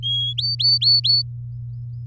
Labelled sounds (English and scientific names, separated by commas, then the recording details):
Domestic Canary (Serinus canaria) song
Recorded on 7 May 2018 at 16:05
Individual llb16